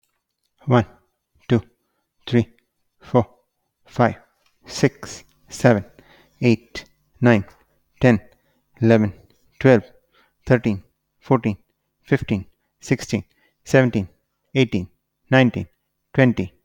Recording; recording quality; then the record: counting at a normal pace; moderate, slight background noise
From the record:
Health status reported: healthy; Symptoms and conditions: asthma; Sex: male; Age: 41 years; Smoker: not ticked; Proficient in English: yes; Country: India